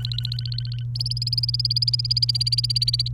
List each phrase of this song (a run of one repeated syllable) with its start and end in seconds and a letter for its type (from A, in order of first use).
0.00-0.83 A, 0.95-3.08 B